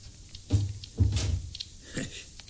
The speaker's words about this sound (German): Und schließ die Tür.